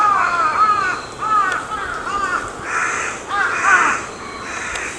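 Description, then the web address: Crow cawing: a series of harsh, hoarse caws in bursts, with brief pauses between groups. Recorded 14 May 2022. "sound 20220514 カラス"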